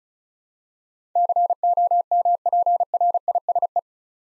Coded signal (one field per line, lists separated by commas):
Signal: Morse code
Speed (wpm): 36 wpm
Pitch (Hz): 700 Hz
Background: none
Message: COMPRISE